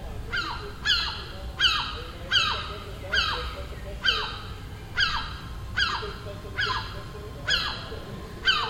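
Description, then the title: Gull calls, a rhythmic series of harsh, downward-sliding mewing notes repeated roughly every three-quarters of a second, over low steady background rumble. Gull nesting on a neighbouring roof, calling all day for a week; Den Haag, Netherlands, 18 June 2017. "Seagull Chatter (Den Haag"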